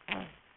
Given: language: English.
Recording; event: throat vibration sensor signal played as sound; throat clearing